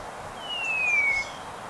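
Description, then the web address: Black-winged saltator giving a single clear whistled note, held nearly a second and sliding gently downward, over a low background hiss. Recorded in Ecuador, South America. "WLL Grade 1-12 Pre-Uni Library Natures Songs S America Birds of Ecuador Black-winged Saltator"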